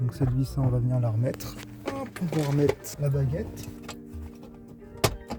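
A plastic dashboard trim strip on a 2002 Toyota Avensis Verso is being put back after a screw is refitted during a car stereo replacement, while someone talks over faint background music. A few short knocks and taps of handling come near the end, but nothing has seated or clicked yet.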